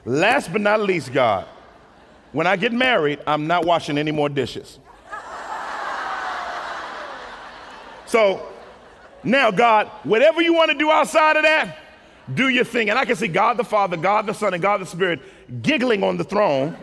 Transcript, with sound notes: Last, but not least, God, when I get married, I'm not washing any more dishes." [laughter] "Now, God, whatever You want to do outside of that, do Your thing." And I can see God the Father, God the Son, and God the Spirit giggling on the throne.